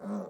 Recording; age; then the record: pig call; piglet (1 to 25 days)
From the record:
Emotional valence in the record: negative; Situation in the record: short isolation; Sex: female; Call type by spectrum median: low-frequency call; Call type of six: low-frequency stable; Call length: 0.30 s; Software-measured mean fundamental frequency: 59 Hz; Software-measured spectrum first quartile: 205 Hz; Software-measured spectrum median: 317 Hz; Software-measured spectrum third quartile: 629 Hz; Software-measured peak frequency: 205 Hz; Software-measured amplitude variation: 88 dB a second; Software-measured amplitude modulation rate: 13.4 a second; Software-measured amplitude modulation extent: 6.6 dB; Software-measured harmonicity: 5.4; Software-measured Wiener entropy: -0.33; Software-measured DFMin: 1272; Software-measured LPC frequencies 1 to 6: 470, 1241, 3773, 5913, 6484, 7668 Hz